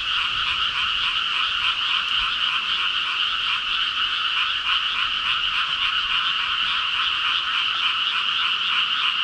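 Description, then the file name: Dense frog chorus of rapid, overlapping croaks forming an even, shrill, pulsing drone from start to finish. "ENV frog 200705"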